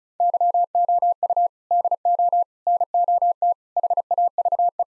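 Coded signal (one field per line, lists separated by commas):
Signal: Morse code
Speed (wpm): 36 wpm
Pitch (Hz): 700 Hz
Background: none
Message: YOU DO NOT HAVE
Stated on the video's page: Morse code practice sentences of common four-word phrases sent at 35 wpm, for head-copy training.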